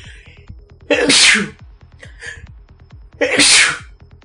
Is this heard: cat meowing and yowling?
no